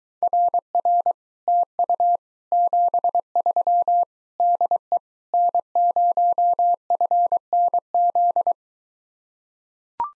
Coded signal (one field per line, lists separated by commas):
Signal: Morse code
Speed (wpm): 23 wpm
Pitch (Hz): 700 Hz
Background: none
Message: RR TU 73 DE N0FNZ